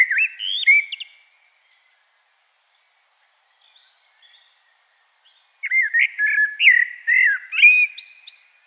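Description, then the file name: Common blackbird song: the end of one warbled phrase, a long silence, then a longer fluting phrase finishing with squeaky twitters. "Turdus merula"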